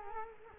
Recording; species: mosquito wingbeat signal from an infrared sensor; Culex quinquefasciatus